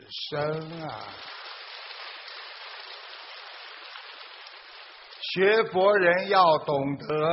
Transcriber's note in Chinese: 掌声